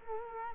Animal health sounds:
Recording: mosquito wingbeat signal from an infrared sensor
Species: Culex quinquefasciatus

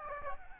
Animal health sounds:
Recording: mosquito wingbeat signal from an infrared sensor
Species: Aedes albopictus

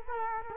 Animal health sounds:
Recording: mosquito wingbeat signal from an infrared sensor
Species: Culex quinquefasciatus

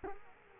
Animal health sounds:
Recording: mosquito wingbeat signal from an infrared sensor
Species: Culex quinquefasciatus

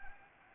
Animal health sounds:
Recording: mosquito wingbeat signal from an infrared sensor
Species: Anopheles gambiae

